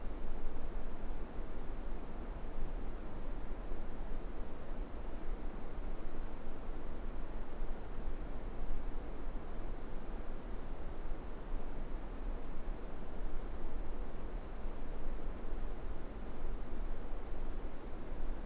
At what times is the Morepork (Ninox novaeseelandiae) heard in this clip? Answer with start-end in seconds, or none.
none